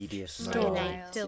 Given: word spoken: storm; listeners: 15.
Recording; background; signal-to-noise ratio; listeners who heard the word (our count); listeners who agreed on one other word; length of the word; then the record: one English word in noise, from a listening test; four-talker babble; -0.5 dB; 0 of 15; 6 of 15; 0.88 s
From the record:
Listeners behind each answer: 6, 4, 1, 1, 1, 1, 1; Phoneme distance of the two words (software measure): 7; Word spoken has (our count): 1 syllable, 4 phonemes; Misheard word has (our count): 1 syllable, 3 phonemes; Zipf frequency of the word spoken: 4.46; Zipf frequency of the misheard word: 4.63